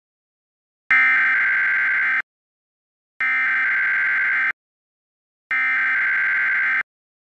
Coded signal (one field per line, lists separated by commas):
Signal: Emergency Alert System (SAME) tones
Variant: header bursts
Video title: EAS Scenario: Tiny Pop Shutdown